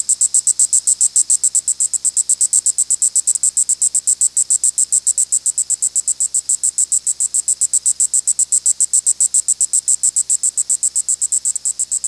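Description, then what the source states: Cicada song, a high buzzing pulsed rapidly and steadily throughout. Recorded in Michigan.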